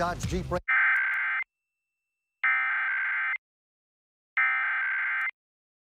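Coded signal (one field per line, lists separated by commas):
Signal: Emergency Alert System (SAME) tones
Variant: header bursts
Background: speech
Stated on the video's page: Required monthly test on a TV station, activated by a police communications center; tones only, no audio message.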